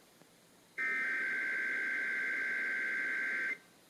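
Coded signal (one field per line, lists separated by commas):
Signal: Emergency Alert System (SAME) tones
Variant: header bursts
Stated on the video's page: Required Monthly Tests received on AM and FM broadcast stations, including originator stations.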